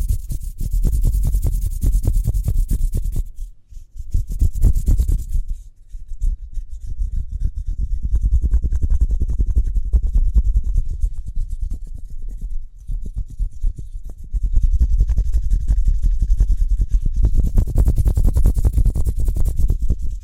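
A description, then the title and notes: Speedy hand sounds: quick, dense rubbing and brushing strokes packed closely together, mostly low and thick with a thin hiss on top. The rubbing runs in bursts, with brief pauses near 3.5 and 5.5 seconds, and grows fuller and harsher after about 14 seconds. ASMR Speedy Hand Sounds (No Talking).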